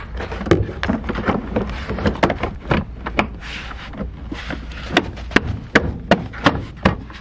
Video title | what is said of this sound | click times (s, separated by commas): Installing the Mb Quart Toyota Tacoma stage 6 audio system and it is done and sounds great | It's like it fights you, then it just snaps right into place. | 5.8 s